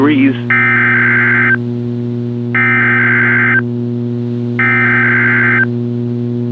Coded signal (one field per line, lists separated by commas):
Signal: Emergency Alert System (SAME) tones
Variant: header bursts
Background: speech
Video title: CRP Required Weekly Test on WXK26 (EAS 418) - 11/10/2021